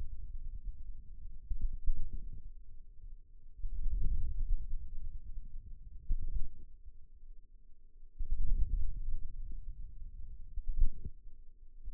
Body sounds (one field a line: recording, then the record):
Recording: forearm muscle sounds (acoustic myography)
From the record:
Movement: wrist flexion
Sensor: system 2, bracelet of six BSWA MPA416 microphones around the upper forearm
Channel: 4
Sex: male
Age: 22 years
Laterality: right